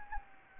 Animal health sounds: mosquito wingbeat signal from an infrared sensor; Anopheles gambiae

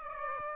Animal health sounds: mosquito wingbeat signal from an infrared sensor; Aedes aegypti

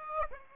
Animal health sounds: mosquito wingbeat signal from an infrared sensor; Aedes aegypti

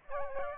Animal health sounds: mosquito wingbeat signal from an infrared sensor; Aedes albopictus

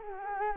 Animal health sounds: mosquito wingbeat signal from an infrared sensor; Culex quinquefasciatus

